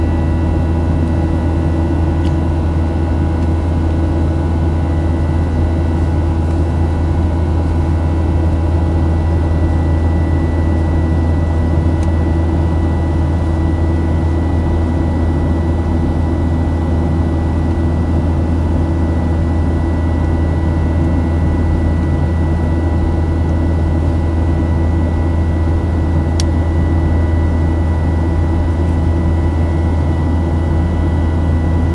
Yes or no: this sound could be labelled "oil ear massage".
no